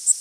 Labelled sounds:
Worm-eating Warbler flight call

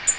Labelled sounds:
Black-throated Green Warbler flight call

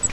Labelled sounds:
Grace's Warbler flight call

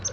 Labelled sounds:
Palm Warbler flight call

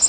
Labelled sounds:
Bay-breasted Warbler flight call

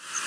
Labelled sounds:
Yellow Warbler flight call

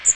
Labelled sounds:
Magnolia Warbler flight call

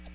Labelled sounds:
American Redstart flight call

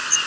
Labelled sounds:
Yellow Warbler flight call

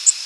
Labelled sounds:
Connecticut Warbler flight call

